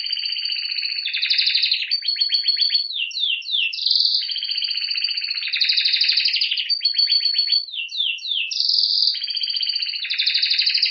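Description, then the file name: Canary song, an unbroken flow of buzzy trills, rolls and rapid slurred notes, phrases alternating without pause. "Canary Voice"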